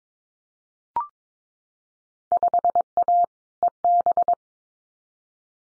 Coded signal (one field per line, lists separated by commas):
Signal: Morse code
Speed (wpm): 22 wpm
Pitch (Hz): 700 Hz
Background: none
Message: 5A EB